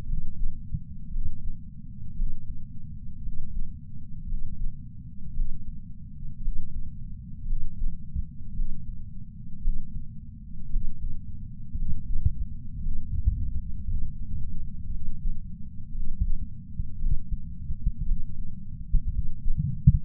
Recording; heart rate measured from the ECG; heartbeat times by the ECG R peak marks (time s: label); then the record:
heart sounds by patch sensor on the chest; 57 bpm
0.04 s: heartbeat
1.08 s: heartbeat
2.12 s: heartbeat
3.19 s: heartbeat
4.24 s: heartbeat
5.31 s: heartbeat
6.38 s: heartbeat
7.43 s: heartbeat
8.51 s: heartbeat
9.58 s: heartbeat
10.66 s: heartbeat
11.73 s: heartbeat
12.78 s: heartbeat
13.83 s: heartbeat
14.87 s: heartbeat
15.89 s: heartbeat
16.95 s: heartbeat
18.02 s: heartbeat
19.08 s: heartbeat
From the record:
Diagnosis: coronary artery disease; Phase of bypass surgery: postoperative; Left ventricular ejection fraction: 61.7%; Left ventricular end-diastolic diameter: 51 mm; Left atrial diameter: 37 mm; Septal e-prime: 6.5 cm/s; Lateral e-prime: 9.2 cm/s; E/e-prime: 11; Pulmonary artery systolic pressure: 22 mmHg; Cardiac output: 4.8 L/min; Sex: male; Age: 59 years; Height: 168 cm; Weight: 81 kg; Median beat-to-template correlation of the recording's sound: 0.85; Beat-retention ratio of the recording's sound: 1.00